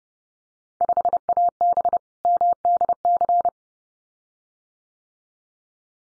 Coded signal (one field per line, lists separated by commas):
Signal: Morse code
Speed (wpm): 28 wpm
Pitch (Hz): 700 Hz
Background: none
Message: 5AB MDC